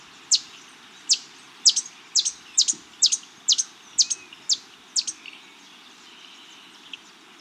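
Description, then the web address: Common bush-tanager giving sharp, high chip notes, about two per second, some doubled, in an irregular series over a steady background hiss. Andean bird from South America. "Natures Songs S America Andean Birds. Common Bush-Tanager (Clorospingus Ophthalmicus)"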